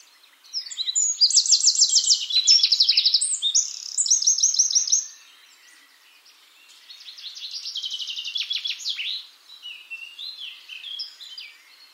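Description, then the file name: Eurasian wren singing a long, shrill outpouring of fast trills and twittering notes for about four seconds, then a second, softer trilled phrase after a short pause. "Troglodytes troglodytes"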